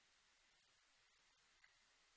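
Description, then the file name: Hosokubi-tsuyumushi katydid call: faint, very high, dry ticking bursts in an irregular series of short clusters over a quiet background. Recorded on 2 September 2006. "060902 hosokubituyumusi"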